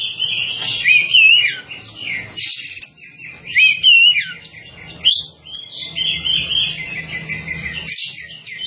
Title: kicau gelatik